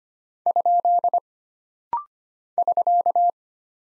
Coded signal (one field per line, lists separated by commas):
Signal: Morse code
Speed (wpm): 25 wpm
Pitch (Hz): 700 Hz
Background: none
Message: ? <SK>